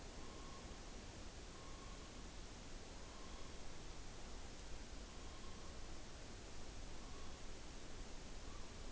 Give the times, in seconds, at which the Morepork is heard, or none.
0.10-0.86, 1.45-2.27, 2.92-3.56, 4.96-5.96, 6.87-7.50, 8.14-8.91